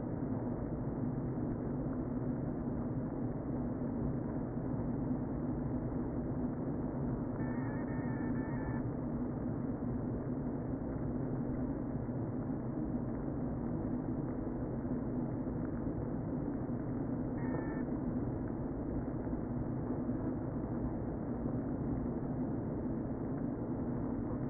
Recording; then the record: honeybee colony, microphone inside the hive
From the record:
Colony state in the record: queen present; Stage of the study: before two queens were removed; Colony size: about 60,000 bees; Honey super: yes